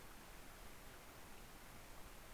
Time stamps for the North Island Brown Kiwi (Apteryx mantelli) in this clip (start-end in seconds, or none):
none